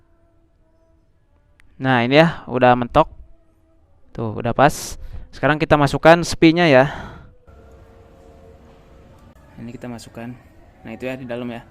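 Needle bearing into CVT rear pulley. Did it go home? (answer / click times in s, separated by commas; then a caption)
no / none. A needle bearing is placed and lined up in the bore of a CVT rear pulley, ready to be pushed home with a T-wrench. Someone talks through most of the clip, with faint handling sounds between phrases and a brief sharp sound at 1.6 s. Nothing has seated or clicked yet; the bearing is only being positioned.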